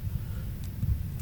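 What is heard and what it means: A weighted key hammer is handled as it is fitted back into the key action of a Donner DDP-200 digital piano, with the plastic keycap and hammer lifted and pressed so the hammer will lock in place. Low rumbling handling noise fills the clip, with faint high ticks around 0.6 s and 1.2 s. Nothing has seated or clicked yet.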